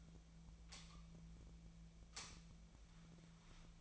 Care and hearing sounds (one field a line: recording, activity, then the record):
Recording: daily activity, microphone in the room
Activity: light on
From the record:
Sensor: 1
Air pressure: 1009.8 hPa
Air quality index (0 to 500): 190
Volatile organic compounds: 18 ppm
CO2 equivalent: 2611 ppm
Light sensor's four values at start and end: 36/91/38/46 and 47/134/55/63